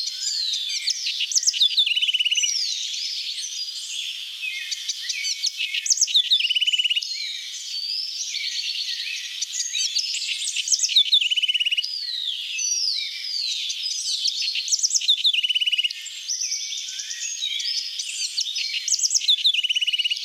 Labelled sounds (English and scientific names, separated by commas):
House Wren (Troglodytes aedon) song